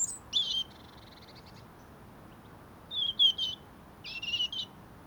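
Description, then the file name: European robin calls: high squeaky whistled notes with a brief trilled run, then two clusters of short sharp notes after a pause. "Erithacus rubecula"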